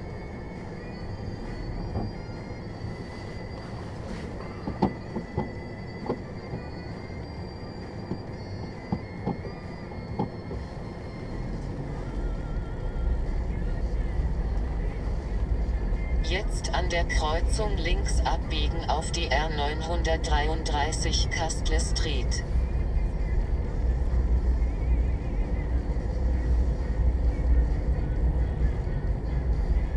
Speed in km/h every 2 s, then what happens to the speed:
2, 0, 0, 0, 0, 3, 9, 10, 12, 13, 13, 11, 12, 14, 12.
0-9 standing. 9-16 pulls away to 12. 16-30 steady at about 12.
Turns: none.